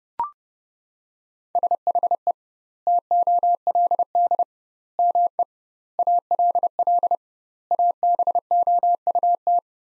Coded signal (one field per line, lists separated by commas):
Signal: Morse code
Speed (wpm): 32 wpm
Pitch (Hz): 700 Hz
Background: none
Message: SHE TOLD ME ALL ABOUT